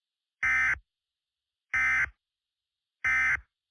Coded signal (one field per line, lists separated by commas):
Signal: Emergency Alert System (SAME) tones